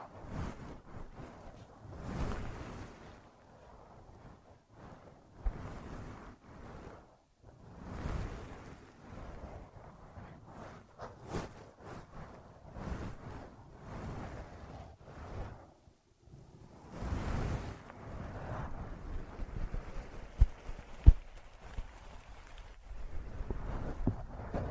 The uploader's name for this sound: Ear Massage, Cleaning